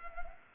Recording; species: mosquito wingbeat signal from an infrared sensor; Culex pipiens